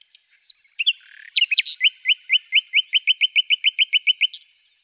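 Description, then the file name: Common nightingale song: brief varied notes leading into a long, fast, steady series of identical sharp chipping notes. "Fülemülék"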